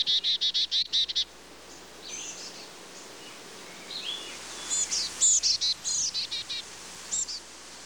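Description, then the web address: Chickadee calling: a quick run of buzzy, harmonic dee notes at the start, then scattered thin chirps and short whistled notes over a faint steady hum. Recorded in winter. "Winter. Birds, Chickadee"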